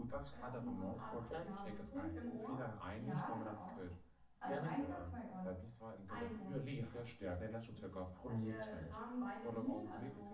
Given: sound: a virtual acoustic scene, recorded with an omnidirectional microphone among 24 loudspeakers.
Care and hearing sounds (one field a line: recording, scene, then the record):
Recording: noise of the scene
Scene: living room, asymmetric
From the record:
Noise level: 67 dB SPL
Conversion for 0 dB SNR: 5.4 dB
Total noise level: 72.4 dB SPL